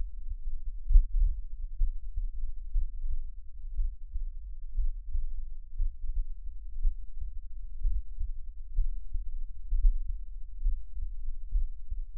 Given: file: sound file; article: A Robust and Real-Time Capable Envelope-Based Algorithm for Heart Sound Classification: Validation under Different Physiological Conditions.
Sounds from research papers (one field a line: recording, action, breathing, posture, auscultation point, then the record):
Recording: heart sounds by electronic stethoscope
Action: rest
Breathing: normal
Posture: lying on back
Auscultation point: Erb’s point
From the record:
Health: healthy, no known heart disease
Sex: male